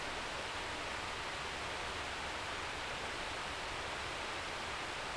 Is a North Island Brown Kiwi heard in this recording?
no